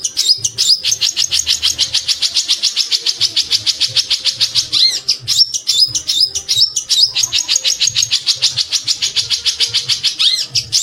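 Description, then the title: Streaked spiderhunter song: a long run of rapid, sharp high notes, several per second, with brief changes in pattern. Faint low rumble underneath. Long, clear, vigorously delivered song, used as a tutor recording for training birds. "Pijantung Gunung Gacor Jernih Panjang"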